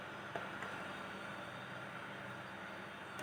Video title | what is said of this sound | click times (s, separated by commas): tugas final orkom merakit komputer dan menjelaskan komponen-komponenya | sini RAMnya terkunci seperti ini | 0.4 s